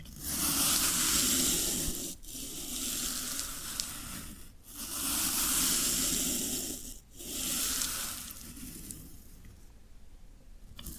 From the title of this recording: Floral Foam Sounds